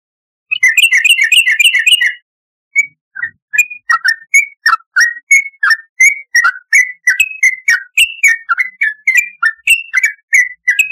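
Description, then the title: Yellow-vented bulbul song opening with a rapid burst of doubled notes, then after a short gap continuing with a steady stream of whistled, downslurred notes. "Trucukan"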